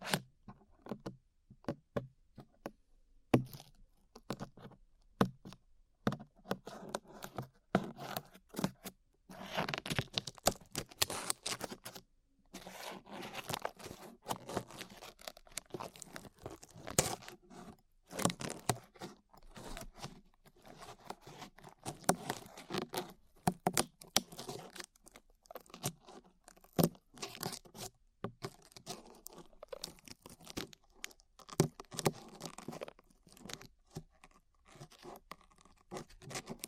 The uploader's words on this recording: ASMR Peeling Glue Off Your Ears (No Talking).